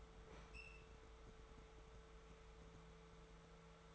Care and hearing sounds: daily activity, microphone in the room; open fridge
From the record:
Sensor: 3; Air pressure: 1014.9 hPa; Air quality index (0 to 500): 200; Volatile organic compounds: 28 ppm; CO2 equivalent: 2918 ppm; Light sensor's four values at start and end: 10/25/10/10 and 10/26/10/11

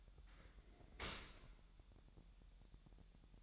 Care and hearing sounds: daily activity, microphone in the room; open dishwasher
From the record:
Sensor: 3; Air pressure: 1000.5 hPa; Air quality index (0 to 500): 248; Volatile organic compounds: 173 ppm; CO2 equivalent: 4116 ppm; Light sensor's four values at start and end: 10/24/10/10 and 10/24/10/10

